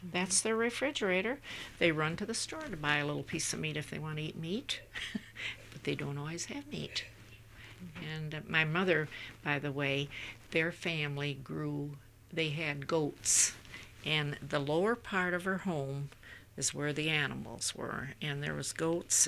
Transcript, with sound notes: That's their refrigerator. They run to the store to buy a little piece of meat if they want to eat meat. ( she laughs ) But they don't always have meat. And my mother, by the way, their family grew, they had goats, and the lower part of her home is where the animals were, and there was goats.